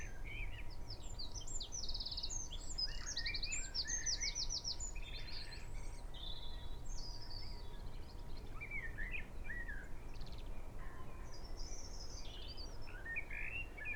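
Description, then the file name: Eurasian wren song, a rapid high trill in the first few seconds, then assorted chirps and short phrases over a low continuous hum. "Troglodytes troglodytes"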